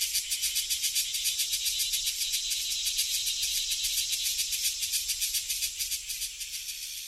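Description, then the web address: Cicada song, a dense high buzzing rasp pulsing about three to four times a second, steady throughout and easing slightly toward the end. "chant des cigales"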